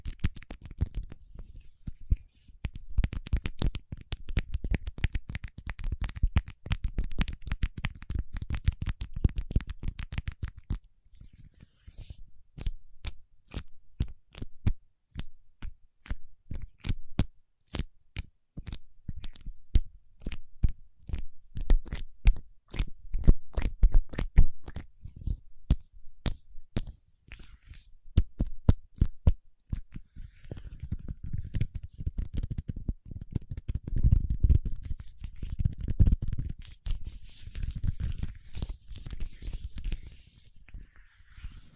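Paraffin wax being scratched in dense, rough bursts at the start and end, with sharp, spaced tapping clicks filling the middle stretch.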